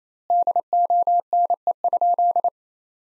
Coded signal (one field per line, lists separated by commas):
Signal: Morse code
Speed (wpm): 28 wpm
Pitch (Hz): 700 Hz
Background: none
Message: DONE?